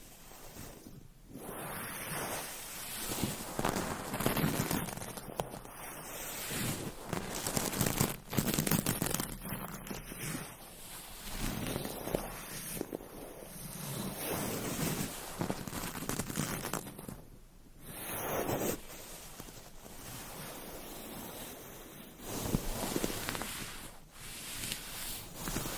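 Dense scratching and rubbing fills the recording, a steady bright rasp with soft tapping and brushing mixed in. The texture shifts every few seconds as objects change, with brief near-silent gaps around 1, 17 and 24 seconds. No voices are heard.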